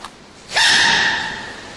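After a quiet lead-in, a sudden loud, hissy burst breaks out with a high, squeaky rising note that fades over about a second. A single sneeze from a panda, sharp and high-pitched rather than deep.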